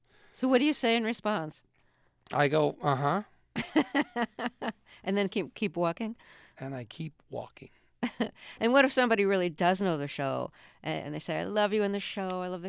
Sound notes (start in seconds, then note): 3.5 laughter; 8.0 laughter